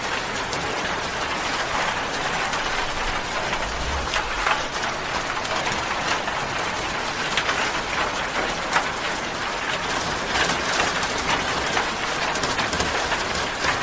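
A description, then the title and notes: Rain falls on a metal roof in a steady, dense patter that holds an even level throughout. Countless fine drops make a bright hiss, with sharper individual taps ringing out every second or so. A faint low rumble sits underneath. Relax and block out distractions with the sound of rain falling on a metal roof. Rainfall on a Metal Roof.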